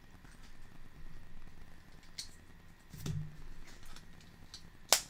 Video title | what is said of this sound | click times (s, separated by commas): CaseyBuilds - Lego Disney Castle (71040) - Part 2 | now let's snapped into place real good | 4.9 s